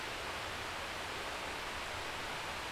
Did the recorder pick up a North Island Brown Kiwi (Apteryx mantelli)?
no